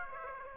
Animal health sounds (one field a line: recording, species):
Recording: mosquito wingbeat signal from an infrared sensor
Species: Aedes aegypti